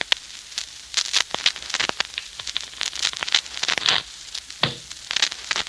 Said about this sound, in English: The sound of shuffling cards can be dangerous music to certain ears, particularly to Mark Easy's.